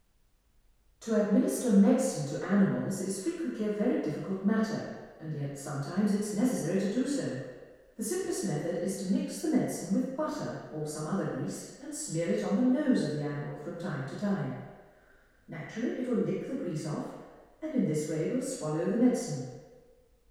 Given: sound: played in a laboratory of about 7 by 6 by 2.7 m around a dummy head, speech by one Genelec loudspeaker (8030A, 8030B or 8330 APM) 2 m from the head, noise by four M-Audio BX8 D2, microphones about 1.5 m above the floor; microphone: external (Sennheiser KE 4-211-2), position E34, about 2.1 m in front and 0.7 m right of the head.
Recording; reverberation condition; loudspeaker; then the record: female speech in English; high; 90 degrees to the right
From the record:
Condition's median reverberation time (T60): about 1300 ms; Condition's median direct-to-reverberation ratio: about -4.0 dB